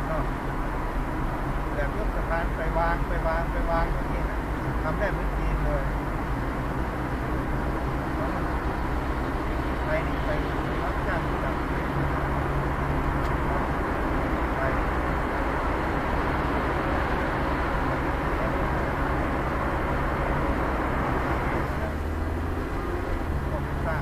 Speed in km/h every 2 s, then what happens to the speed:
52, 52, 54, 55, 55, 54, 54, 54, 54, 55, 55, 56.
0-24 steady at about 54.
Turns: none.